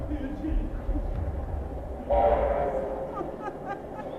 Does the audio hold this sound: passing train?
yes